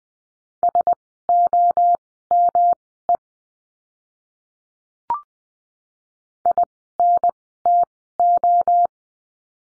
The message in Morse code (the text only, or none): SOME INTO